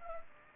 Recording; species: mosquito wingbeat signal from an infrared sensor; Culex pipiens